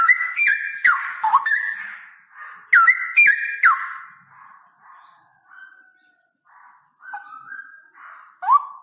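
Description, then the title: Straw-headed bulbul song: loud, liquid whistled phrases with sliding notes in bursts for about four seconds, then softer, shorter warbles separated by pauses. Male singing actively (gacor) with a loud voice and long rolling trills; masteran (training) material. "GILEEE Cucak ROWO Jantan GACOR Suara Lantang ROoo EL Panjang"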